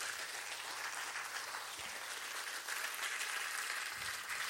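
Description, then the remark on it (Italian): Steady, sustained applause from an audience, a dense wash of many hands clapping at an even loudness throughout, with no voices standing out. “Un applauso, scusate, non a me.”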